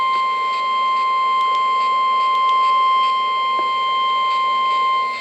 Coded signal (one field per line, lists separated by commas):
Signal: Emergency Alert System (SAME) tones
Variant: 1050 Hz attention tone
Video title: NOAA Weather Radio EAS #447: Severe Thunderstorm Warning